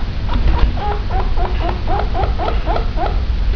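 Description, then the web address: Chinchilla calls: a quick run of several wavering, bending squeaky notes, one after another, over a steady low rumbling background. Call described as melancholy (wehmut). "peppi chinchilla"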